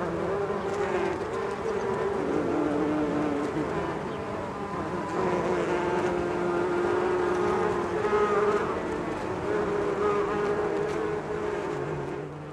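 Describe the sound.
Bees humming in a continuous drone, with individual buzzes briefly standing out above the steady hum.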